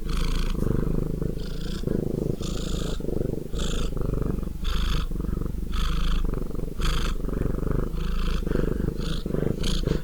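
Cat purring, a deep continuous rumbling that swells and fades with each breath, roughly every second, with the rhythm clearly audible throughout.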